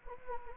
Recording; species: mosquito wingbeat signal from an infrared sensor; Anopheles gambiae